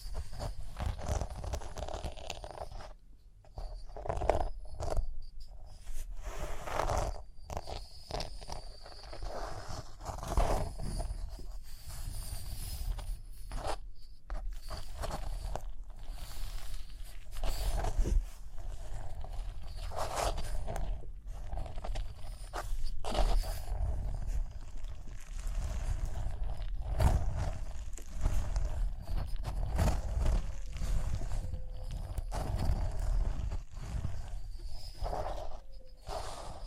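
Rhinestones are tapped, scratched and brushed in a dense, busy stream of small clicks and rasping strokes that rarely pauses. Sharp taps land irregularly, several per second, over a steady low rumble, with a brief quieter dip near the four-second mark.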